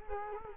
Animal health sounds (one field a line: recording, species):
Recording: mosquito wingbeat signal from an infrared sensor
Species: Culex quinquefasciatus